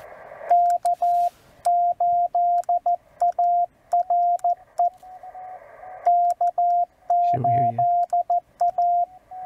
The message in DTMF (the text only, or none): none